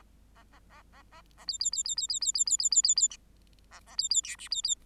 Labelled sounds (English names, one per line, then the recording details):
Bengalese Finch song
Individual Bird8